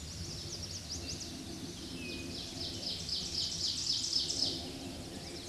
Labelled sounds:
Ovenbird (Seiurus aurocapilla) song
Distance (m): 50 m
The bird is about 10 m above the microphone
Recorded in a Pennsylvania forest on 16 May 2024 at 09:47
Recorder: AudioMoth, point MSD-2061
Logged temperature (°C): 16.1 °C
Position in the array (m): 264 m, 154 m

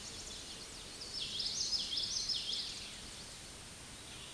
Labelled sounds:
Common Yellowthroat (Geothlypis trichas) song
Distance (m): 30 m
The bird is about 10 m above the microphone
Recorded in a Pennsylvania forest on 16 May 2024 at 07:33
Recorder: AudioMoth, point MSD-2453
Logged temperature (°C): 16.3 °C
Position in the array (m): 229 m, 182 m

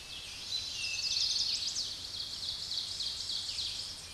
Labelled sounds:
Ovenbird (Seiurus aurocapilla) song
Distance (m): 40 m
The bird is about level with the microphone
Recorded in a Pennsylvania forest on 16 May 2024 at 06:30
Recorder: AudioMoth, point MSD-1338
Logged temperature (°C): 12.6 °C
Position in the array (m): 135 m, 5 m

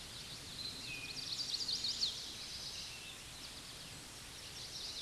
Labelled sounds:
Chestnut-sided Warbler (Setophaga pensylvanica) song
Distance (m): 70 m
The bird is about 20 m above the microphone
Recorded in a Pennsylvania forest on 16 May 2024 at 09:38
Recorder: AudioMoth, point MSD-1418
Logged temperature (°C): 16.4 °C
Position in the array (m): 150 m, 168 m

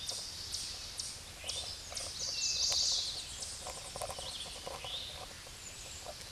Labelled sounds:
Chestnut-sided Warbler (Setophaga pensylvanica) song
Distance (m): 10 m
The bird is about level with the microphone
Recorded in a Pennsylvania forest on 16 May 2024 at 08:22
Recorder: AudioMoth, point MSD-2007
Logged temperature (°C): 16.1 °C
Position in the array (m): 36 m, 31 m

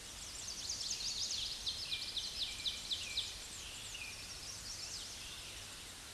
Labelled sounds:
Ovenbird (Seiurus aurocapilla) song
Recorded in a Pennsylvania forest on 16 May 2024 at 07:33
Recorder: AudioMoth, point MSD-1482
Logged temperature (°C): 15.6 °C
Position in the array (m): 212 m, 130 m

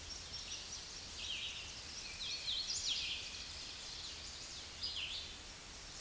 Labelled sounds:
Red-eyed Vireo (Vireo olivaceus) song
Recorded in a Pennsylvania forest on 16 May 2024 at 07:18
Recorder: AudioMoth, point MSD-0079
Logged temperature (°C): 16.1 °C
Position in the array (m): 166 m, 71 m

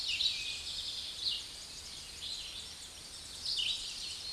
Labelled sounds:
Red-eyed Vireo (Vireo olivaceus) song
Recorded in a Pennsylvania forest on 16 May 2024 at 07:18
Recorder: AudioMoth, point MSD-2417
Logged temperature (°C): 16.4 °C
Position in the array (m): 109 m, 76 m

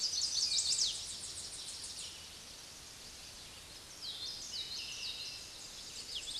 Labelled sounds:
Common Yellowthroat (Geothlypis trichas) song
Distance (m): 25 m
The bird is about 5 m above the microphone
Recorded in a Pennsylvania forest on 16 May 2024 at 06:18
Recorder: AudioMoth, point MSD-0178
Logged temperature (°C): 15.3 °C
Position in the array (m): 62 m, 48 m

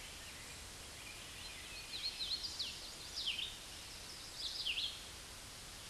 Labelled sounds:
Red-eyed Vireo (Vireo olivaceus) song
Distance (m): 30 m
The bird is about 25 m above the microphone
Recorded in a Pennsylvania forest on 16 May 2024 at 08:31
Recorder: AudioMoth, point MSD-2201
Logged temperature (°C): 15.5 °C
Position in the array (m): 165 m, 72 m

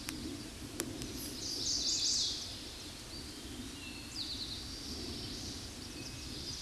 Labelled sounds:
Eastern Towhee (Pipilo erythrophthalmus) song
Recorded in a Pennsylvania forest on 16 May 2024 at 09:47
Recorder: AudioMoth, point MSD-2007
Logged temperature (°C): 16.1 °C
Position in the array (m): 3 m, 44 m

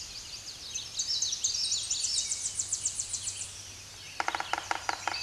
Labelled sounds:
Common Yellowthroat (Geothlypis trichas) song
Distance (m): 45 m
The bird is about 10 m above the microphone
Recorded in a Pennsylvania forest on 16 May 2024 at 06:43
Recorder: AudioMoth, point MSD-1293
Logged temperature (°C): 12.0 °C
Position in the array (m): 15 m, 154 m

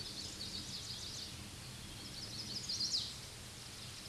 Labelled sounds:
Chestnut-sided Warbler (Setophaga pensylvanica) song
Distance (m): 15 m
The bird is about 5 m above the microphone
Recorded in a Pennsylvania forest on 16 May 2024 at 06:50
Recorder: AudioMoth, point MSD-1418
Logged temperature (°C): 16.4 °C
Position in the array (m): 225 m, 186 m

